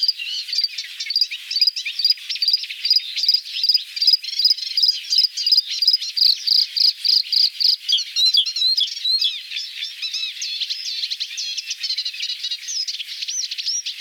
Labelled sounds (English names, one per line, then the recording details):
Bluethroat song
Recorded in the wild
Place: NSG Wagbachniederung, Baden-Württemberg, DE
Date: 1981-05-24
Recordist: Schwarz, Dieter